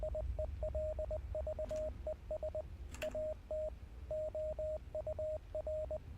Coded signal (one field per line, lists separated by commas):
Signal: Morse code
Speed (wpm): 20 wpm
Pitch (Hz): 620 Hz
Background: radio noise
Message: IELVES AT OUR